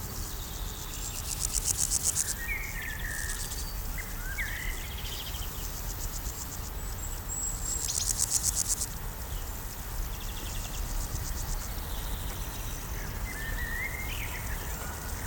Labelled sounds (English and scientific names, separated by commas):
Common Blackbird (Turdus merula)